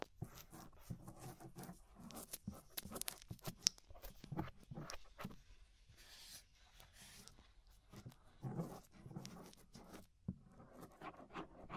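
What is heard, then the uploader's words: Ear scraping produces a dense run of short rustling and scratching strokes, bright and crackly, coming several times a second. A few louder, sharper scrapes stand out near the start and around four seconds. The sound briefly thins out around six seconds and again after ten. Inner and Outer Ear Scraping (No Talking).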